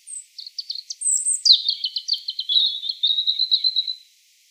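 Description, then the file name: European robin song: short high notes and stutters, then a high whistle dropping into a long rippling trill lasting about two and a half seconds. "Erithacus rubecula"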